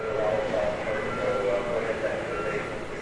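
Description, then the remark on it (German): A loud, sustained rumbling rattle from capacitors discharging as the flash lamps fire during a laser shot at the world's most powerful laser, being built in California, rattling the whole building. A dense roar with a faint mid-pitched hum running through it, steady for about three seconds and fading slightly at the end. “Und die Kondensatoren werden entladen und man hört den ganzen Gebäude, man hört es richtig rappeln.”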